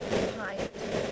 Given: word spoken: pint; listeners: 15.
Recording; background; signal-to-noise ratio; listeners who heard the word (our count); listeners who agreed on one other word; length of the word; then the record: one English word in noise, from a listening test; noise modulated by three-talker babble; -6.9 dB; 0 of 15; 6 of 15; 0.72 s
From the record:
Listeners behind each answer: 6, 3, 3, 1, 1, 1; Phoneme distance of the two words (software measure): 17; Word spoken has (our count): 1 syllable, 4 phonemes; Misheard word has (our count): 1 syllable, 3 phonemes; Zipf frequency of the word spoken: 4.14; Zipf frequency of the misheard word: 4.73